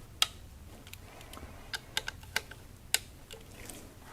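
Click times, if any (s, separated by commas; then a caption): 0.2 s, 2.9 s. A click-type torque wrench tightens the coil pack bolts into the valve cover of a Chevy Volt in sequence to 71 inch-pounds. Sharp clicks ring out at 0.2 s and 2.9 s, with lighter ticks in between as the wrench is worked back and forth. The wrench clicks at its 71 inch-pound setting, showing the bolts have reached torque.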